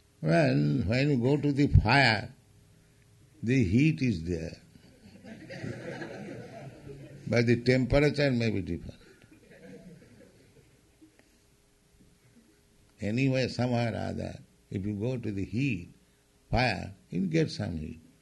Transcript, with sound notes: Well, when you go to the fire, the heat is there. [laughter] But the temperature may be different. Anyway, some way or other, if you go to the heat, fire, you'll get some heat.